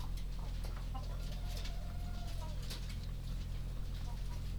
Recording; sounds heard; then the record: poultry house recording; sick chickens (respiratory disease)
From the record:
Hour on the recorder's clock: 22